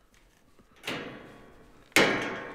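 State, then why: Seated. A shelf accessory is slipped under the groove of a Wall Control metal pegboard wall panel and pushed up into its slot. A faint tick at 0.2 s and a hard metallic knock at 0.9 s come before a sharp, loud hit at 2.0 s as the shelf locks in place.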